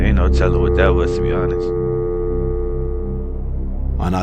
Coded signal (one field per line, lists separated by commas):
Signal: telephone call progress tone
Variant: North America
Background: speech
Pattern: dial tone